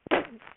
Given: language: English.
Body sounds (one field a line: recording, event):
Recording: throat vibration sensor signal played as sound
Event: cough